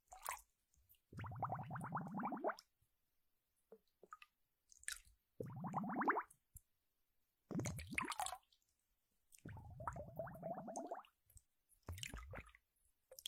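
Water squelches and gurgles in wet bursts, each lasting one to two seconds and rising in pitch as it goes. About five bursts come at uneven intervals, separated by near-silence broken only by faint drips and small clicks.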